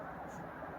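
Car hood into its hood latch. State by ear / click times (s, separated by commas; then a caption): not seated / none. A freshly painted Valiant car hood, done in color-matched water-based paint, is lowered onto its hood latch, but the latch fails to catch. Only a steady broadband hum with no sharp transients is heard, and nothing has seated or clicked yet.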